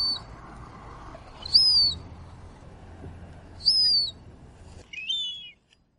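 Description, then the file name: Gull giving high, drawn-out descending cries, with low steady rumble beneath that stops before the last cry. Gulls recorded at Rockland Harbor on 19 October 2012. "gulls rockland hbr"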